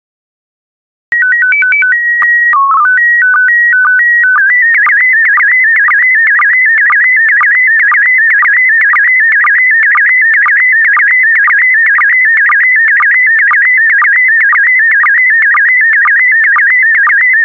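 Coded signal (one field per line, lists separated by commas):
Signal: SSTV (slow-scan television)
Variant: PD120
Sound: short stepped calibration tones, then a continuous warbling, chirping tone with rapid pitch changes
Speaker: complete. You can now check your decoded image against the picture that is shown on the video.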